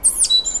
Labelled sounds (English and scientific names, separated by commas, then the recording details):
Stitchbird (Notiomystis cincta) song
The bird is a male
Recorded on Tiritiri Matangi Island, New Zealand, in 2005
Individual 1, of nest box 1